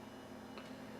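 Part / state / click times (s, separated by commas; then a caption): blade into mechanical arrowhead body / seated / 0.6 s. A blade on a Grim Reaper mechanical broadhead is moved into its closed, retained position in the arrowhead body, where an internal compression spring holds it. Over a steady low hum, one short, faint click sounds at 0.6 s as the blade seats into its retention.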